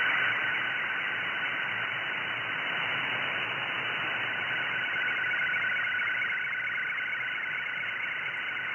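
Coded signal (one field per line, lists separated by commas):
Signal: SSTV (slow-scan television)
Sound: continuous warbling tone rapidly shifting pitch, buried in steady radio hiss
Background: radio static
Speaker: Now, as this SSTV image is coming through, you can see some noise on the image. That is where the signal level is actually dropping due to propagation.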